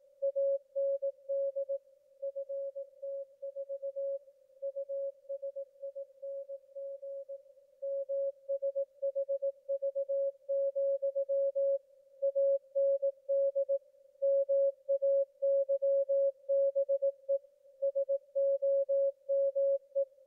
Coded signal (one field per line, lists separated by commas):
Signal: Morse code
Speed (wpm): 18 wpm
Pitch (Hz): 550 Hz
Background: none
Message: AND FT4 USING MSHV, AND MAYBE SOME